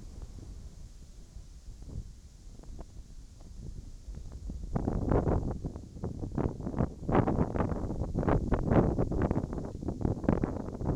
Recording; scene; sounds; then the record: everyday scene through a hearing-aid microphone; wind on the microphone; wind, whistling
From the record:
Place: in front of a rural house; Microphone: in the ear canal, right